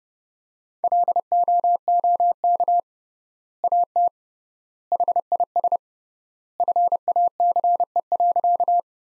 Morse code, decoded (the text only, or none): LOOK AT HIS FACE.